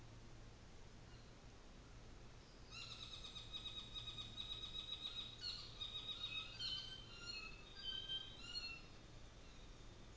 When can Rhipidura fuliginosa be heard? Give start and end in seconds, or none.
none